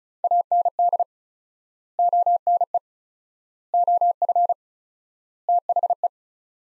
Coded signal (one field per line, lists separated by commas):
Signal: Morse code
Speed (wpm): 36 wpm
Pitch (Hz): 700 Hz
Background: none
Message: AND ONE OF THE